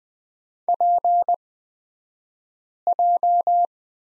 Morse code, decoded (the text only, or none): PJ